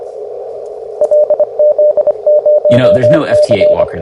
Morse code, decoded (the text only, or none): LZ0C